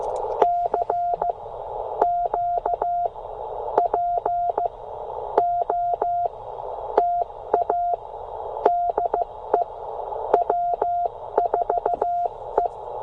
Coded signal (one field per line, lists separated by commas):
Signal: Morse code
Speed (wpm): 15 wpm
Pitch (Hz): 700 Hz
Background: none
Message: CQ POTA DE W4E